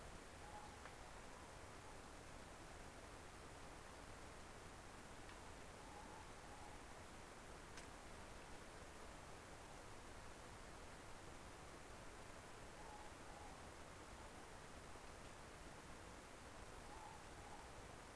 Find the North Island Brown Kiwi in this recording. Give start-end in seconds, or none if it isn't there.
none